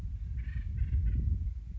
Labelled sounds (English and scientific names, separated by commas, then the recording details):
Acorn Woodpecker (Melanerpes formicivorus)
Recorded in Sonoma County, California